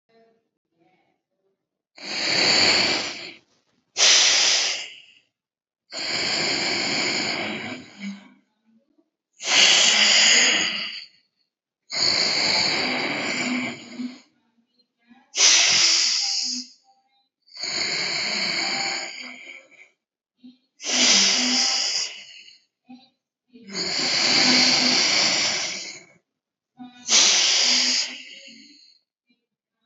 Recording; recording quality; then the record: deep breathing; excellent, no background noise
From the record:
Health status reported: respiratory illness, not identified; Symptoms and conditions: asthma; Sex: male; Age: 48 years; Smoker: not ticked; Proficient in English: yes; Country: India